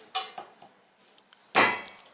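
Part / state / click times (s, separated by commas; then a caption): wire grid panels into plastic corner connector of a pet pen / partly seated / 0.1 s. A second wire grid panel is pushed by hand into a closed-corner plastic connector of a guinea pig pen, giving a sharp click at 0.2 s, then light taps and a loud rattling clatter around 1.6 s followed by small ticks. Neither the second nor the first panel is fully seated in the corner connector, so a hammer and a tightening tool are needed.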